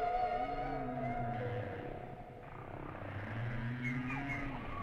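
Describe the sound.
Whale song: long drawn harmonic tones with gentle arching glides, steady low bands underneath and a few brief higher squeaks toward the end.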